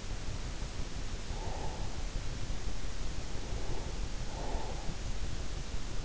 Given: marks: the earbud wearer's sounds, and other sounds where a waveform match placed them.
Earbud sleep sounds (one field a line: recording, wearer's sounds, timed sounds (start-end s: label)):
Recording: sounds in sleep by an in-ear microphone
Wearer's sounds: breath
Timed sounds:
0.82-2.38 s: breath
2.90-5.11 s: breath